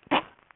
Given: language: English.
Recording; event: throat vibration sensor signal played as sound; cough